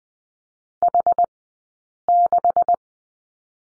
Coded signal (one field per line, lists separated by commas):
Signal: Morse code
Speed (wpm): 20 wpm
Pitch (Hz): 700 Hz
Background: none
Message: H6